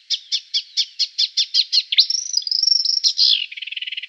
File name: Marsh Warbler